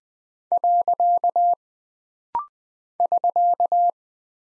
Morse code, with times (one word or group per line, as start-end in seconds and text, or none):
0.5-1.5 .
3.0-3.9 <SK>